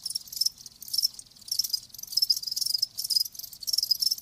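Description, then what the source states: Crickets give rapid high-pitched pulsed chirps in overlapping bursts, forming an almost unbroken shrill chorus. Live crickets chirping, presented as a sleep sound.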